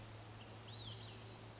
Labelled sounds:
Olive-sided Flycatcher (Contopus cooperi)
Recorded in Sonoma County, California

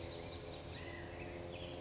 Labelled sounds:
California Quail (Callipepla californica)
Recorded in Sonoma County, California

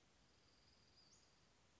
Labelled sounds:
Western Flycatcher (Empidonax difficilis)
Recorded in Sonoma County, California

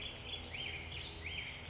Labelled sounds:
Black-headed Grosbeak (Pheucticus melanocephalus)
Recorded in Sonoma County, California

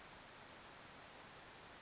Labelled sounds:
Western Flycatcher (Empidonax difficilis)
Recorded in Sonoma County, California

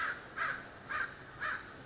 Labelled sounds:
American Crow (Corvus brachyrhynchos)
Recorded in Sonoma County, California

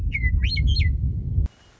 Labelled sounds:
Western Meadowlark (Sturnella neglecta)
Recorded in Sonoma County, California

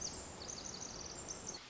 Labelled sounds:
Pacific Wren (Troglodytes pacificus)
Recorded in Sonoma County, California

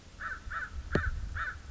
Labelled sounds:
American Crow (Corvus brachyrhynchos)
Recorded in Sonoma County, California

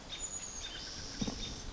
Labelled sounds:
Chestnut-backed Chickadee (Poecile rufescens)
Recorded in Sonoma County, California

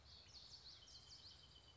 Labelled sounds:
Common Yellowthroat (Geothlypis trichas)
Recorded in Sonoma County, California

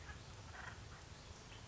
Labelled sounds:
Acorn Woodpecker (Melanerpes formicivorus)
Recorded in Sonoma County, California

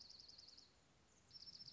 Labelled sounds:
Dark-eyed Junco (Junco hyemalis)
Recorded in Sonoma County, California

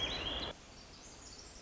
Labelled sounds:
Pacific Wren (Troglodytes pacificus)
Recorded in Sonoma County, California

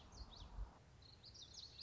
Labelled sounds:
Common Yellowthroat (Geothlypis trichas)
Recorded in Sonoma County, California

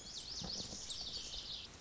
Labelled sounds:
Lazuli Bunting (Passerina amoena)
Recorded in Sonoma County, California

